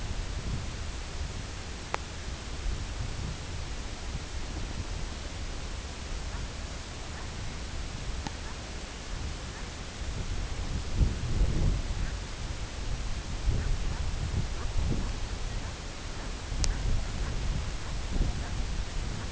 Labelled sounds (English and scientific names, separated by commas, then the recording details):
Brent Goose (Branta bernicla), King Eider (Somateria spectabilis)
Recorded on Arctic tundra, site CORI-1, on 18 June 2018
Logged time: 22:00